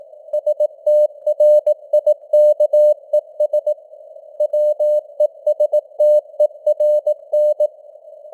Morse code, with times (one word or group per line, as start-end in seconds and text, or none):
0.3-3.7 STRIKES
4.4-7.7 WESTERN